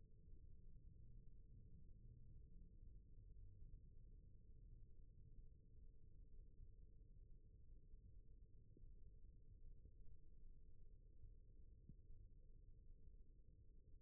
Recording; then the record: forearm muscle sounds (acoustic myography)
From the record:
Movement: rest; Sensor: system 1, eight BSWA MPA416 microphones around the upper forearm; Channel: 1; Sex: female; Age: 22 years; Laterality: right